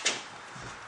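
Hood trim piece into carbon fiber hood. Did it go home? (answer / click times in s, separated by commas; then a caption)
yes / 0.1 s. A hood trim piece, removed earlier, has its lip hooked and is pushed up into an Anderson Composites carbon fiber hood on a 2015-2017 Ford Mustang. A sharp, bright click at 0.1 s is followed by a faint, steady hiss. The trim piece is seated in the hood.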